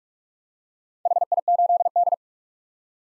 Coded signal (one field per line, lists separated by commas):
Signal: Morse code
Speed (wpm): 43 wpm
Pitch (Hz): 700 Hz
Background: none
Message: HI8D